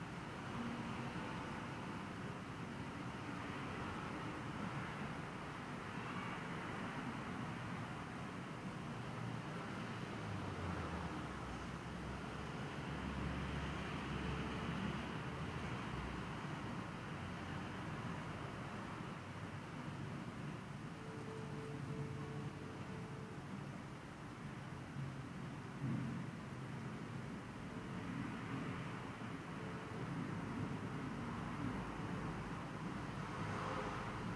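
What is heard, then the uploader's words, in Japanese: Ambient sound recorded from a window at home: a steady, dense wash of traffic-like rumble that never drops out across the whole span. Low engine drone shifts around the middle, and faint brief tones surface now and then above the constant hiss. 私の家の窓辺から録音した環境音。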